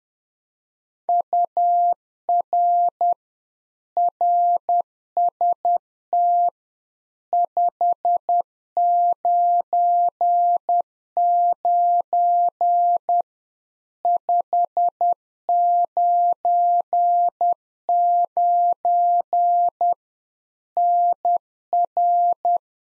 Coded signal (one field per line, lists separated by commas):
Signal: Morse code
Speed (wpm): 10 wpm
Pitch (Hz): 700 Hz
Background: none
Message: UR RST 599 599 NR